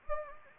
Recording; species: mosquito wingbeat signal from an infrared sensor; Anopheles gambiae